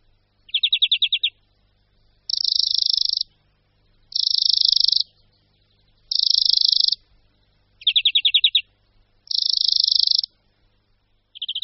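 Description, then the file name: European greenfinch song: short rattling trills and longer wheezy buzzes, with pauses between. "Zvonek-zelený"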